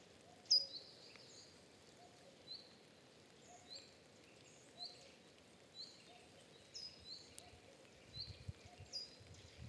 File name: rovidkarmu fakusz hangja